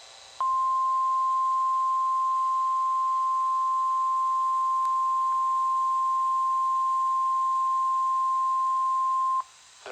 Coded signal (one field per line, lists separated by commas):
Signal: Emergency Alert System (SAME) tones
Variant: 1050 Hz attention tone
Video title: KEC85 (CHS) Required Weekly Test | EAS #206